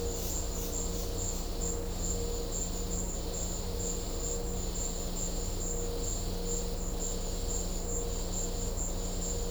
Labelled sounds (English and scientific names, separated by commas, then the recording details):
none
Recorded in secondary vegetation near Puerto Asís, Putumayo, Colombia, on 21 December 2024 at 14:30
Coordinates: 0.500, -76.326
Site G065